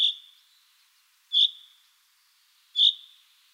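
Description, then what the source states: Common Chaffinch rain calls: three short, high whistled notes, each with a fading tail, repeated roughly every 1.4 seconds against a quiet background. Rain call, a call type that is learned rather than innate and forms local dialects.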